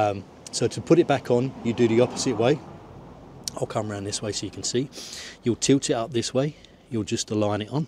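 A rider's seat for a Honda CBR1000RR Fireblade ('08–'16 model) is tilted up and aligned onto its frame mounts while someone talks over soft handling noises. The seat has not clicked into place yet.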